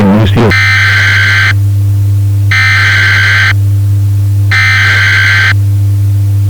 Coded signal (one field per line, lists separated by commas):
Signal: Emergency Alert System (SAME) tones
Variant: header bursts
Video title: eas for a special nightclub warning